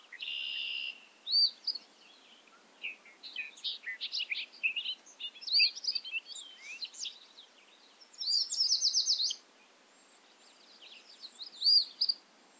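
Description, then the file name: Bobolink song in several bursts. Tinkling, jumbled high notes are mixed with short buzzes and pauses between phrases. Recorded at Ferme Beauchamp. "A bobolink talks to you from Ferme Beauchamp"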